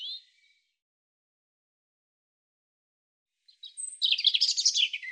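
European robin song: a brief thin note at the start, then after a long pause a dense, high, warbling burst of twittering notes to the end.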